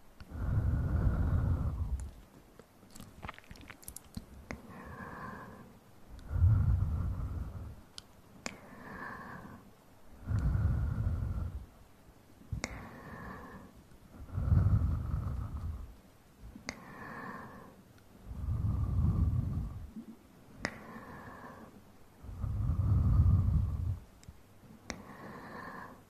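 Close mouth sounds and breathy, inaudible whispering come in slow waves, a soft low swell about every four seconds. Between the swells, faint hushed whispers and wet clicks and smacks come through, with a few sharp ticks near the start.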